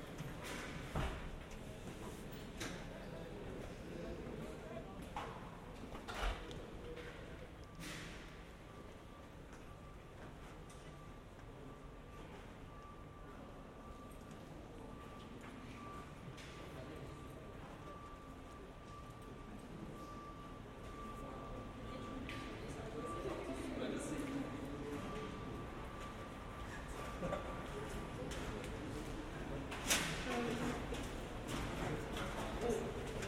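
Visitors talk in a large, reverberant hall, their voices blending into a steady murmur with no single speaker standing out. Sharp clicks and knocks punctuate the chatter every few seconds. A thin, steady tone hums along from about eight to twenty-eight seconds.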